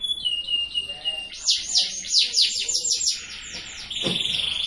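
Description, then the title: Canary song opening with a thin steady whistle, then bursts of arching whistled notes in quick succession, ending on a buzzy sustained trill. Cengkok song style, a canary song pattern sought by contest judges. "Cengkok kenari mewah yang di cari juri"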